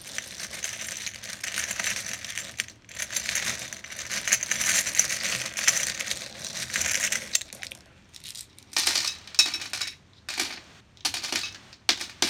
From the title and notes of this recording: ASMR Radio - Jar of Buttons.